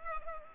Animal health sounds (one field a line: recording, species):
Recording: mosquito wingbeat signal from an infrared sensor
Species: Culex pipiens